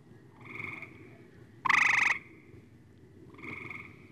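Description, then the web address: Frog giving a loud nasal croak flanked by two softer croaks, over a steady low background hum. "лягушки"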